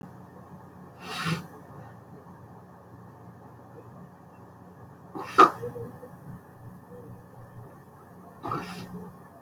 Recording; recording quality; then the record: heavy voluntary cough; excellent, no background noise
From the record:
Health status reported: exposed to COVID-19, no respiratory illness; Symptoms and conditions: cough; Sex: male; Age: 29 years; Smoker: not ticked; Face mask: not worn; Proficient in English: yes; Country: India